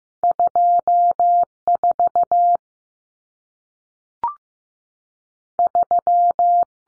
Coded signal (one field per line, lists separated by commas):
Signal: Morse code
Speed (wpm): 15 wpm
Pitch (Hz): 700 Hz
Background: none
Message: 24 3